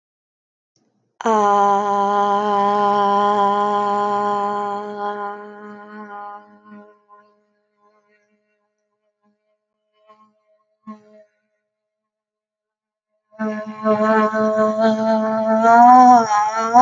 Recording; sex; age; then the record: vowel held as long as possible; female; 30 to 39 years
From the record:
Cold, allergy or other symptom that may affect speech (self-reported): no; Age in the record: 32 years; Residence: Ohio, United States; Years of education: 15